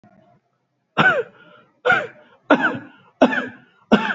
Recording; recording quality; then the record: heavy voluntary cough; excellent, no background noise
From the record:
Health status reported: recovered from COVID-19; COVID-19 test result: negative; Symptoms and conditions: cough, fever, hypertension, diabetes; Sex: male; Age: 65 years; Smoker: not ticked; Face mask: not worn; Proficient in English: yes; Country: India